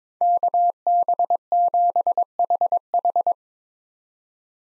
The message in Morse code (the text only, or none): KB7HH